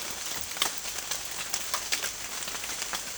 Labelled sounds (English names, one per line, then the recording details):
none
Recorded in secondary vegetation near Puerto Asís, Putumayo, Colombia, on 29 June 2025
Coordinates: 0.488, -76.319
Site G094